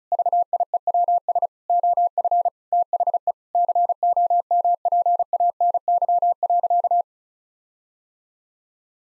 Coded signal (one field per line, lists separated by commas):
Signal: Morse code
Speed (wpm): 36 wpm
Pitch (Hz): 700 Hz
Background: none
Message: VIEWS OF THE COMPANY.